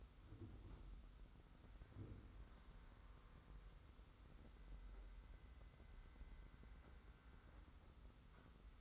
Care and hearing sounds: daily activity, microphone in the room; wipe stove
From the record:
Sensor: 3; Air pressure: 991.4 hPa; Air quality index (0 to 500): 145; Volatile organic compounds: 388 ppm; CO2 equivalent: 4651 ppm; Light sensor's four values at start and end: 52/141/57/51 and 52/141/57/51

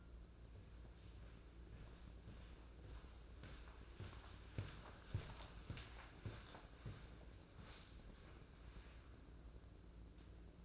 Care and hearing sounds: daily activity, microphone in the room; walk to room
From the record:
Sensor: 2

